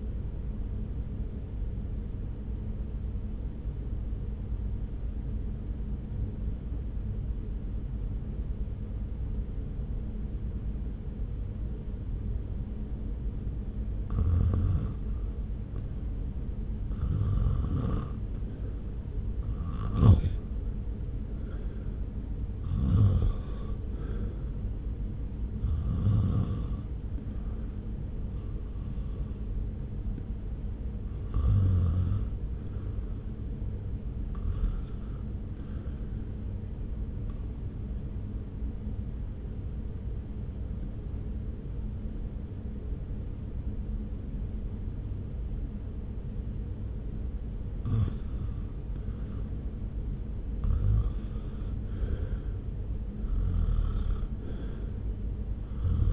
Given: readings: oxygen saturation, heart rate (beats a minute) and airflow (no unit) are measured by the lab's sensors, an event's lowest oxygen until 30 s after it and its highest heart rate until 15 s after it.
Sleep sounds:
breathing in sleep by a smartphone at the bedside; 2
3.00-16.30 s: obstructive apnea (REM, oxygen 97% highest, then 79% lowest)
38.00-49.50 s: obstructive apnea (REM, oxygen 94% highest, then 88% lowest)
From the record:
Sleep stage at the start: REM sleep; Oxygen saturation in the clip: 79 to 97%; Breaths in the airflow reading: 12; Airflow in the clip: -0.8 to 1.2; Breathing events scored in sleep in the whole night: 335 in 6.7 hours asleep

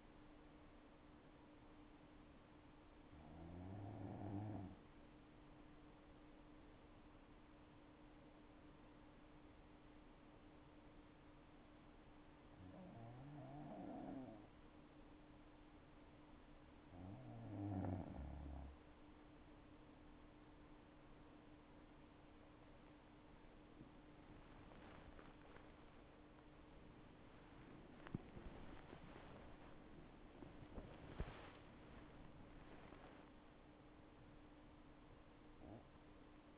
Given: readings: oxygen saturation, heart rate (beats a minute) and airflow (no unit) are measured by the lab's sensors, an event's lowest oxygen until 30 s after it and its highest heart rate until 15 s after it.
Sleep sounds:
breathing in sleep by a voice recorder at the bedside; 1
3.00-18.60 s: hypopnea (N2, oxygen 96% highest, then 92% lowest, heart rate 62 at the start, 83 highest)
From the record:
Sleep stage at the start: N2 (light sleep); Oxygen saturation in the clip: 92 to 96%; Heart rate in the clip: 61 to 86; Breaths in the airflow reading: 7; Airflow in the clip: -6.8 to 10.2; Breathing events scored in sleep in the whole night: 228 in 5.4 hours asleep

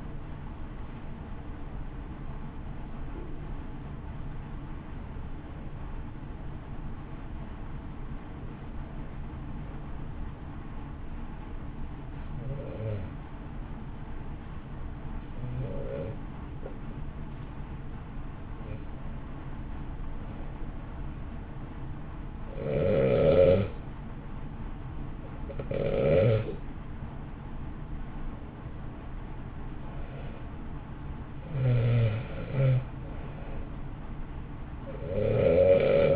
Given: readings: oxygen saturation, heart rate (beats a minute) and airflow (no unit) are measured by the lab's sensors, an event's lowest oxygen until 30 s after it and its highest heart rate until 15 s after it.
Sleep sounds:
breathing in sleep by a smartphone at the bedside; 1
10.00-27.30 s: hypopnea (N1, oxygen 94% highest, then 87% lowest, heart rate 59 at the start, 60 highest)
From the record:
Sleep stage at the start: N1 (lightest sleep); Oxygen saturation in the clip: 88 to 94%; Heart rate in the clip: 56 to 60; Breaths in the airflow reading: 10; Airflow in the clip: -1.0 to 1.3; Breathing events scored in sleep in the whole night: 328 in 6.3 hours asleep

